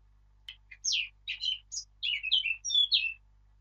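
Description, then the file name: Eurasian blackcap song: a lively phrase that opens with soft chattering and moves into loud, fluty whistled notes sliding downward. "Sylvia atricapilla"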